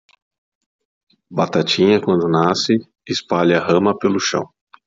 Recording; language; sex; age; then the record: short text; Brazilian Portuguese; male; 30 to 39 years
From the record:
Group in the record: control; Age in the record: 36 years